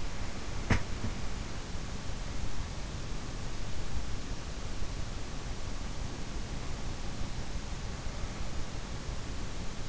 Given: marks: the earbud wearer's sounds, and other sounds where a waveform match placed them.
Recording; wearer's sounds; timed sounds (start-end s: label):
sounds in sleep by an in-ear microphone; teeth grinding
0.00-1.38 s: teeth grinding